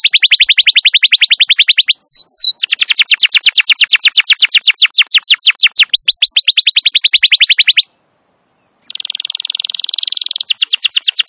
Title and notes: Pikat Kenari GACOR PANJANG INI Cocok Untuk Masteran KENARI LIAR. Masteran burung kenari gacor parah